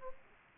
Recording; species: mosquito wingbeat signal from an infrared sensor; Aedes aegypti